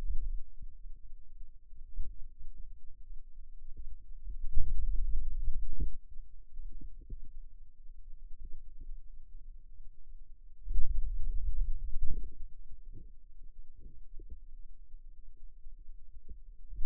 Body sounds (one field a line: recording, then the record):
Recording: forearm muscle sounds (acoustic myography)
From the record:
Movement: hand opening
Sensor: system 2, bracelet of six BSWA MPA416 microphones around the upper forearm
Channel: 6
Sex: male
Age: 22 years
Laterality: right